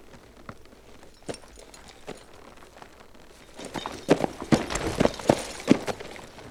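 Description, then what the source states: Horse shifting about, with sparse clicks at first, then a louder burst of jingling bridle rattles and hoof knocks in the second half. Horse waiting, with bridle movement.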